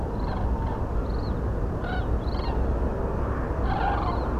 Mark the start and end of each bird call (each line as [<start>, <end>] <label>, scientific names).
[0.10, 0.81] Strix aluco
[0.14, 0.78] Grus grus
[1.03, 1.34] Grus grus
[1.82, 2.56] Grus grus
[3.62, 4.33] Grus grus